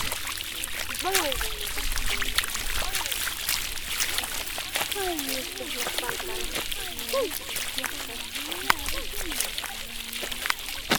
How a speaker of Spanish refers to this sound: estamos aquí en la laguna sintiendo los sonidos del agua. Y nos zampamos un poco nuestro pie para sentir cómo es el agua y cómo se siente, ¿no?, cuando uno se mete.